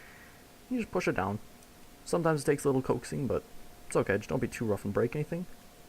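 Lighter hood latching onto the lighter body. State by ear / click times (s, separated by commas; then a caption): not seated / none. A lighter's metal hood and strike-wheel assembly is being pushed down onto the lighter body so its side latches will catch, while someone talks over faint background noise. Nothing has seated or clicked yet; the hood is still being handled and has not snapped into place.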